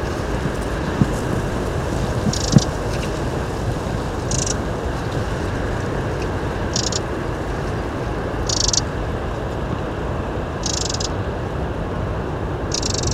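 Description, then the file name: Eurasian wren calls, short dry buzzy bursts repeated every two seconds or so, over a steady low rumble. "Troglodytes troglodytes"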